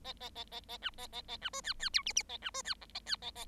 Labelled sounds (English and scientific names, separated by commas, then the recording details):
Bengalese Finch (Lonchura striata domestica) song
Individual Bird7